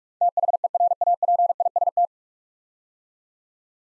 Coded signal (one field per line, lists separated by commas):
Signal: Morse code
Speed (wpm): 44 wpm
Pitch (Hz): 700 Hz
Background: none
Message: THERAPIST